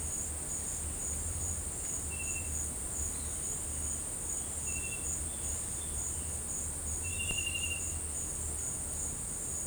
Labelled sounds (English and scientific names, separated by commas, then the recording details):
none
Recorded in secondary vegetation near Puerto Asís, Putumayo, Colombia, on 22 December 2024 at 11:00
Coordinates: 0.481, -76.318
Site G042